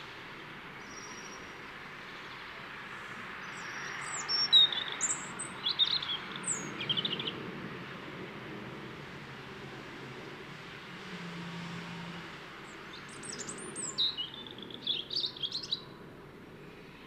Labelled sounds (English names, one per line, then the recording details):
European Robin song
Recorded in the wild
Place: Kaiserslautern, Rheinland-Pfalz, DE
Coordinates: 49.4247, 7.77889
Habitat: garden
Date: 1978-03-29
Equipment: Nagra IV, Sennheiser MKH 405, Parabolreflektor
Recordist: Tretzel, Erwin